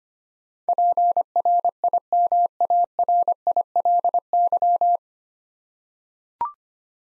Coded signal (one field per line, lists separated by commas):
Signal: Morse code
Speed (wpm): 25 wpm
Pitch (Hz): 700 Hz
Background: none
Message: PRIMARILY